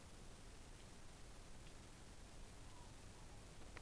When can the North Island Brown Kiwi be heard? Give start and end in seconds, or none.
none